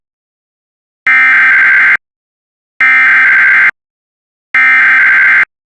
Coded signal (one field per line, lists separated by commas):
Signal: Emergency Alert System (SAME) tones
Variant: header bursts